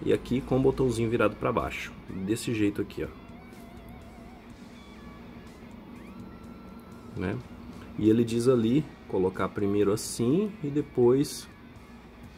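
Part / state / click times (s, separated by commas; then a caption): tracker capsule into silicone wristband / not seated / none. A Xiaomi Mi Band 4 tracker capsule is lined up in its silicone strap with the button facing down, ready to be pressed in, while someone talks over background music. Nothing has seated or clicked yet.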